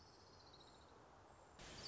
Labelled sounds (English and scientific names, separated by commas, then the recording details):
Orange-crowned Warbler (Leiothlypis celata)
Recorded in Sonoma County, California